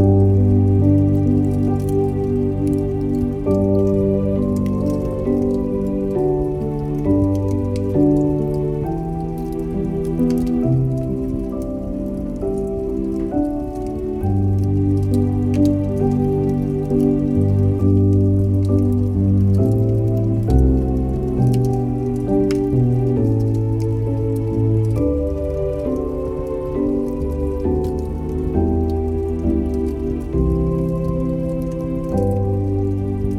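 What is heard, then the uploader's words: Soft tunes play over a fireplace's crackle, with sustained low notes and mellow chords shifting every few seconds. Light, scattered pops and ticks run through the whole piece at an even level, while the music stays smooth and warm without sharp peaks. Santa's Cozy Fireplace. Crackling and Tunes.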